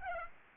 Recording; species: mosquito wingbeat signal from an infrared sensor; Aedes aegypti